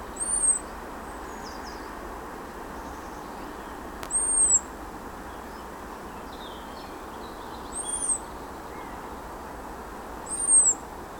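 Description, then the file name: European robin calling with four thin, high-pitched arched seeps spaced roughly two and a half to four seconds apart, faint softer chirps between them, steady background hiss. "Erithacus rubecula"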